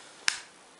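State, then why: Seated. A plastic clip is fitted onto the waterproof housing of a TecTecTec Xpro2 action camera, and a single sharp snap is heard at 0.3 s. The clip snaps on and is confirmed seated.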